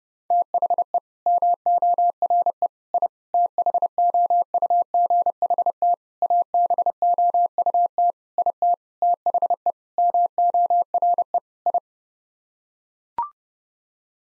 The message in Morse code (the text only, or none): THE MORE I THOUGHT ABOUT IT THE MORE I